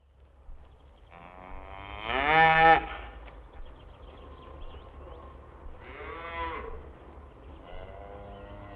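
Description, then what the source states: Cattle mooing: a long, loud moo early on, then two shorter, quieter moos later, over a low steady hum. Farmyard; cows, calves and heifers.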